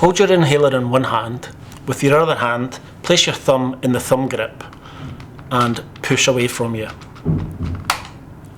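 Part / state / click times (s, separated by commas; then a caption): inhaler outer cover on inhaler body / seated / 7.9 s. Someone talks while a thumb pushes the thumb grip of a disc inhaler away to swing its plastic outer cover open on the inhaler body. A sharp click at 7.9 s marks the cover snapping into position, exposing the mouthpiece.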